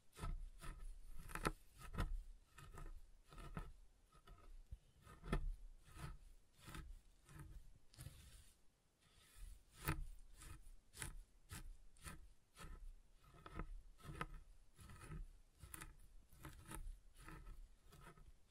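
Soap being tapped and carved, with a steady run of crisp, short clicks and scrapes roughly every half second. Dry, rasping cuts mix with duller taps, some louder than others, and a brief quieter lull comes around nine seconds before the pattern resumes.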